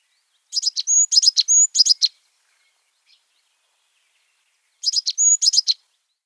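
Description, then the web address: African blue tit song: phrases of high whistled notes and quick buzzy trills, given twice with a pause between. Subspecies ultramarinus; song. "Schulze Peter African Blue Tit"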